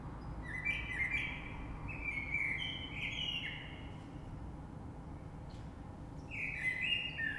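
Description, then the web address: Common blackbird song, a rich warbled phrase with a squeaky flourish, a pause, then another phrase starting near the end, over soft background noise. Recorded 3 March 2020. "oiseaux Rush Merle 3-3-2020"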